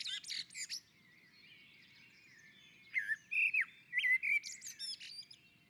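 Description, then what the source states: Common blackbird song: a squeaky high twitter opens, then a run of mellow fluted, slurred notes, closing with more thin high twittering. On a roof.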